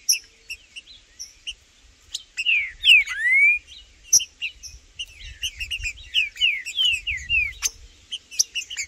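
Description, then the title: Green-winged saltator song: loud slurred whistles sweeping down, with one rising note, amid a dense chatter of high chirps and ticks from other birds. Trinca-ferro in the bush singing and 'macheando' (male display) a lot with a free wild bird; birds named Blindado and Tufão in the bush. "Trinca Ferro no MATO Cantando e Macheando muito com Solto! Blindado e Tufão no mato"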